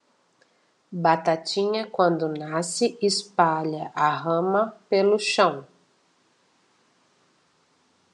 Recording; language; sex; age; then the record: short text; Brazilian Portuguese; female; 50 to 59 years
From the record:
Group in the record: control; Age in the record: 53 years